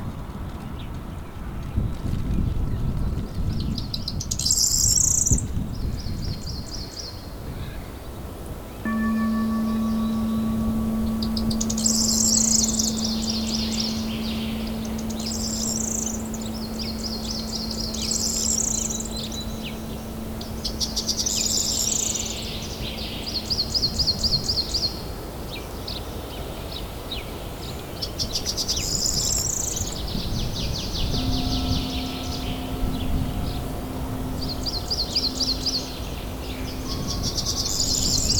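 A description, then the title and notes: Nature sounds with piano: bright bird chirps repeat every few seconds high above a steady low rumble. Long sustained low tones hold from about 9 to 24 seconds and again from 31 seconds onward, with a few faint higher held notes. Relaxing Nature Sounds with Piano.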